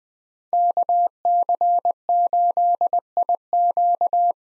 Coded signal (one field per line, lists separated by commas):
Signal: Morse code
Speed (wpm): 20 wpm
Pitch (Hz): 700 Hz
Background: none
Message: KC8IQ